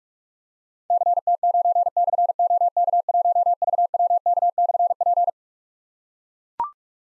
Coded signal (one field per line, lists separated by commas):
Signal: Morse code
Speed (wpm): 44 wpm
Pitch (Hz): 700 Hz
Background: none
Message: CT9/OK1VWK/P